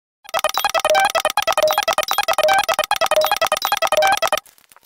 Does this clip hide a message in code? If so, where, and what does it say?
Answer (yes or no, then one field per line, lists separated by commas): no